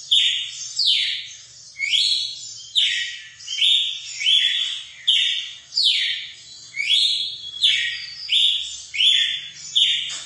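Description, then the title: Red-cowled cardinal song: rhythmic, bright whistled phrases with falling slurs, repeated about once a second, over a faint low hum. Female song, used to excite a male bird. "Canto Galo Campina Fêmea. ESQUENTAR SEU GALO CAMPINA CANTO DO GALO DE CAMPINA"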